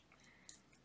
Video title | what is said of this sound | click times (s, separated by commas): ODroid PART 1 - unboxing, assembly and first testing | will click in so that's good that there are four four pins here that will hold | 0.5 s